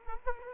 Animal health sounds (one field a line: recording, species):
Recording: mosquito wingbeat signal from an infrared sensor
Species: Culex quinquefasciatus